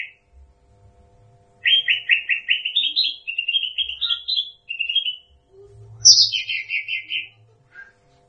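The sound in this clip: Bird singing a rapid run of rising chirps, then a high harsh note dropping into a rattling series.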